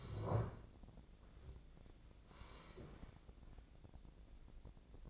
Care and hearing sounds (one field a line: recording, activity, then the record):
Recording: daily activity, microphone in the room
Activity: sit down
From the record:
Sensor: 5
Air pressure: 1012.4 hPa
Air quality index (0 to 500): 151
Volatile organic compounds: 2 ppm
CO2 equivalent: 1036 ppm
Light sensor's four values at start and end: 290/695/297/330 and 290/695/297/330